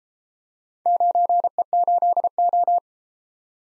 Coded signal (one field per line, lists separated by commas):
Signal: Morse code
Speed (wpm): 33 wpm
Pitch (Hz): 700 Hz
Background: none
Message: 9E8O